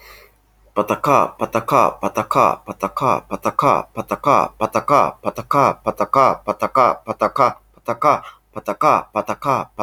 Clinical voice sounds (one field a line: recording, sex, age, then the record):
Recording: repeated syllables /pa ta ka/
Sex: male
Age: 40 to 49 years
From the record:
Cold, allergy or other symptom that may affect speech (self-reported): no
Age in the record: 40 years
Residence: United Kingdom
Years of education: 16